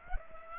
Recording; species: mosquito wingbeat signal from an infrared sensor; Culex pipiens